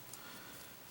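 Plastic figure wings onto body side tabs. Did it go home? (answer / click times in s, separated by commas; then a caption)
yes / 0.1 s. The notched plastic wings of a Hasbro Transformers Generations Combiner Wars Powerglide robot figure are pressed onto the small tabs on each side of its body. A single short, sharp snap is heard at 0.1 s over a steady hiss as the wings seat into place.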